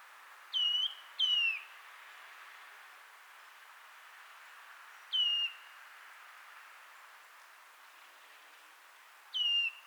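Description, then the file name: Eurasian nuthatch calls, clear piping notes that drop then level, a quick pair followed by single calls about four seconds apart, over a steady background hiss. "Sitta europaea"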